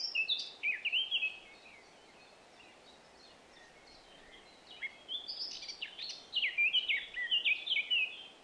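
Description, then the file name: Eurasian blackcap singing two phrases of rich, whistled and warbled notes, one at the start and a longer one after a quiet pause. "Sylvia atricapilla"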